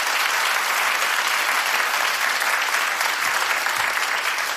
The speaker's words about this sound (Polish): …, gitara. Wielkie brawa.